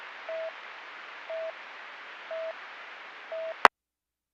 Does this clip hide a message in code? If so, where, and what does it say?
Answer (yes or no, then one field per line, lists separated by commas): no